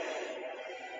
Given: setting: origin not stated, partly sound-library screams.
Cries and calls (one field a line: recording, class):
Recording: one-second piece from a danger detection set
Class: woman in danger